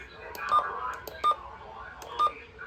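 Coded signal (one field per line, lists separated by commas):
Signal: none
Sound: weather alert app chimes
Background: speech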